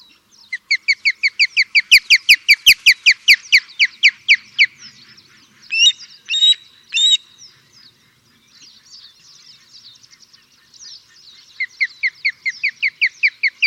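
Osprey calling in a rapid series of short, upslurred whistled notes, pausing midway for a few sharper chirps, then resuming the quick repeated whistles.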